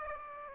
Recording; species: mosquito wingbeat signal from an infrared sensor; Aedes aegypti